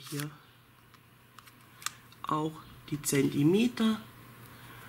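Someone talks while handling a retractable sewing tape measure, working the tape lock in its housing, with faint handling noises and a few brief sharp ticks between the words. Nothing has seated or clicked yet.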